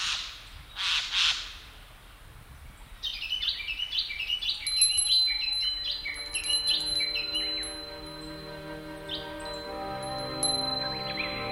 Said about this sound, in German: Anbei die Vögel, die nicht nach Süden ziehen.